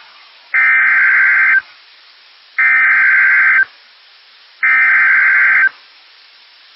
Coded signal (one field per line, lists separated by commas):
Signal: Emergency Alert System (SAME) tones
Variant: header bursts